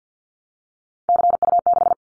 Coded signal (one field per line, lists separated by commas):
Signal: Morse code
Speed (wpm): 50 wpm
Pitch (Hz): 700 Hz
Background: none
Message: CU6